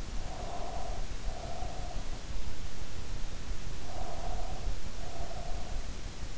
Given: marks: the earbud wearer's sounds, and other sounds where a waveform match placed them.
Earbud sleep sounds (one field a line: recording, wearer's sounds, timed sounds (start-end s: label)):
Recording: sounds in sleep by an in-ear microphone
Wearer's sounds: breath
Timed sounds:
0.00-2.21 s: breath
3.68-5.98 s: breath